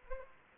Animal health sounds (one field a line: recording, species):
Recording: mosquito wingbeat signal from an infrared sensor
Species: Anopheles arabiensis